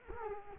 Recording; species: mosquito wingbeat signal from an infrared sensor; Culex quinquefasciatus